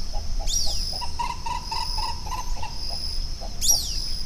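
Bird uttering a quick train of short, harmonic notes, then trailing off, under a continuous high insect tone and two brief downward high sweeps.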